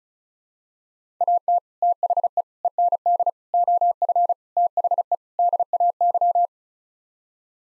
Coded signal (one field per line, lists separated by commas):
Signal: Morse code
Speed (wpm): 34 wpm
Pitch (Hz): 700 Hz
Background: none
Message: AT THE END OF THE DAY